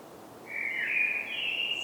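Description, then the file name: Common blackbird giving one mellow, fluty phrase that starts halfway through and lifts slightly at its close, over soft steady hiss. "Turdus merula"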